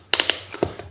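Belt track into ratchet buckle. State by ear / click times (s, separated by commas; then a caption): seated / 0.1 s, 0.2 s, 0.3 s. The pointed end of a KORE Essentials tactical gun belt, with its inner track, is slid through the ratchet buckle, and the buckle's pawl clicks over the track teeth in three sharp clicks at 0.1, 0.2 and 0.3 seconds, followed by fainter knocks around 0.5 to 0.8 seconds. The belt track ends clicked in place in the buckle.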